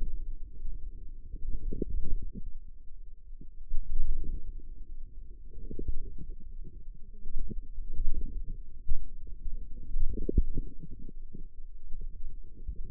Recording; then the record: forearm muscle sounds (acoustic myography)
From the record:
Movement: wrist flexion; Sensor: system 2, bracelet of six BSWA MPA416 microphones around the upper forearm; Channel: 6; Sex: female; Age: 21 years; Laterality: right